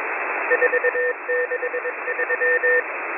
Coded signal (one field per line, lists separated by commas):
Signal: Morse code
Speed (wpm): 22 wpm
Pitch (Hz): 490 Hz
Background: radio noise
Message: 463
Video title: M01 Morse Code Numbers 11/09/2022 0700 UTC 6510kHz